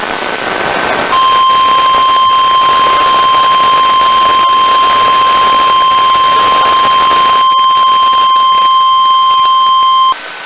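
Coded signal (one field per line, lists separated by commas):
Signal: Emergency Alert System (SAME) tones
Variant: 1050 Hz attention tone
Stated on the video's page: Live NOAA Weather Radio tsunami watch from Maui, issued by the Pacific Tsunami Warning Center and relayed by NWS Honolulu with live voice.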